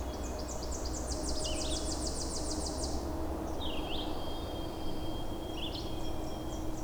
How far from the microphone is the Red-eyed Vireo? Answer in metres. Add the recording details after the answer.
about 60 m. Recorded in boreal forest in Alberta, Canada, on 26 May 2016 at 07:07. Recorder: SongMeter 3, array SBT-3-15. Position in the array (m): 111 m, 191 m